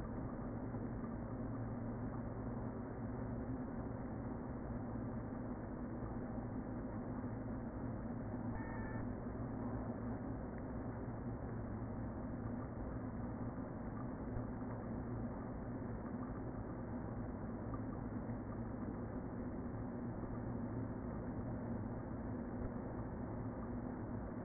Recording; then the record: honeybee colony, microphone inside the hive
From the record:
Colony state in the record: queen present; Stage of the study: before two queens were removed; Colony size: about 60,000 bees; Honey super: yes